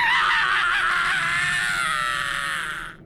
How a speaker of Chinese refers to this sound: 一声可怕的尖利刺耳的喊叫，达利的脚步声停止了